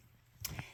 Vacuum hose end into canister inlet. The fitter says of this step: all you have to do is push it till it clicks